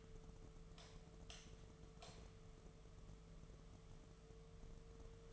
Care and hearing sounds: daily activity, microphone in the room; light on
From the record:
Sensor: 4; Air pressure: 1015.4 hPa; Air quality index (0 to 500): 173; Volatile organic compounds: 7 ppm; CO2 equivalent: 2006 ppm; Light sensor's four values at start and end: 20/47/20/20 and 19/46/19/19

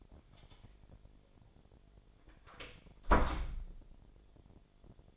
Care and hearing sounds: daily activity, microphone in the room; close door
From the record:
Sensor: 5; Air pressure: 1007.6 hPa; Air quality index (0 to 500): 150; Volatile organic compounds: 3 ppm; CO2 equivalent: 1448 ppm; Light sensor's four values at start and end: 57/160/62/62 and 57/162/63/63

